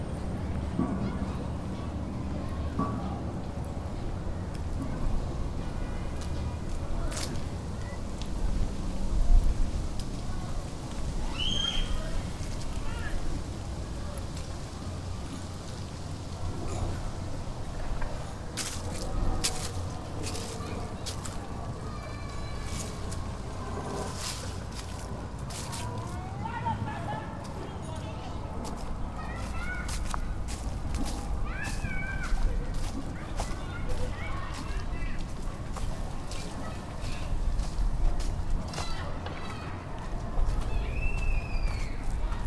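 Outdoor ambience from a walk through a city park: a steady low rumble of traffic and wind runs throughout, with voices. Short bright chirps, clicks and footsteps come and go, growing busier in the second half, with a few high calls near the end.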